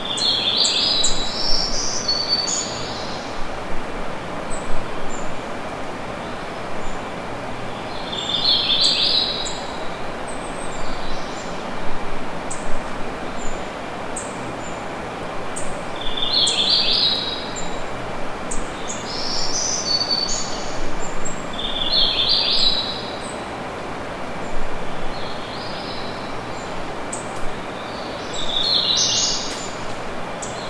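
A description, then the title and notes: A distant waterfall keeps up a steady, dense rush from start to finish, low and unchanging. Over it, birds sing bright, short phrases that come back every few seconds, clustering around 1, 8, 16, 20 and 29 seconds, with fainter chirps in between. Waterfall and Birds. This initial test was recorded in Brevard, NC, and includes a waterfall (in the distance) and birdsong.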